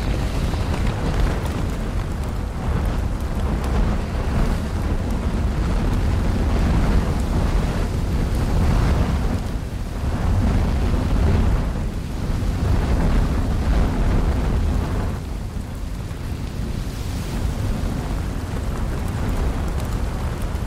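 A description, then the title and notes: Lava fire gives a deep, steady rumble with dense crackling and hissing bursts rising and falling every few seconds throughout. The deep and soothing sound of lava fire. The crackling and popping of molten rock creates a calming atmosphere.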